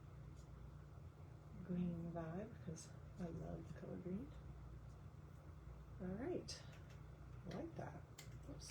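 A plastic cap is being handled near a coloring marker while someone talks over a steady low hum. The cap has not snapped on yet, and nothing has seated or clicked in this clip.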